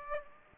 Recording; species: mosquito wingbeat signal from an infrared sensor; Aedes aegypti